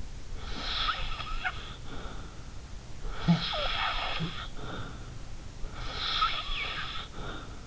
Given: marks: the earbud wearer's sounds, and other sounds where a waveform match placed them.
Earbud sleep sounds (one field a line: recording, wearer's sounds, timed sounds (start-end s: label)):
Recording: sounds in sleep by an in-ear microphone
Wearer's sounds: snoring breath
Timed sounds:
0.37-2.51 s: snoring breath
3.02-5.14 s: snoring breath
5.71-7.67 s: snoring breath